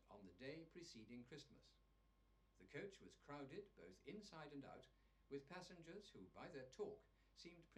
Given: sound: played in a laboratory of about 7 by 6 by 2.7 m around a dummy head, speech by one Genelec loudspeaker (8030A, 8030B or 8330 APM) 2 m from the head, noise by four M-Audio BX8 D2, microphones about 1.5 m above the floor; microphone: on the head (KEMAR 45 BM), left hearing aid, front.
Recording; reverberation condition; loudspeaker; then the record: male speech in English; low; in front (0 degrees)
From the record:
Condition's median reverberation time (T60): about 310 ms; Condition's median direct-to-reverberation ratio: about 3.5 dB